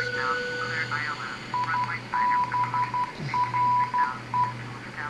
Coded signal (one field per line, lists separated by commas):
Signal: Morse code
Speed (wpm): 12 wpm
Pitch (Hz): 990 Hz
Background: speech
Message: IBRE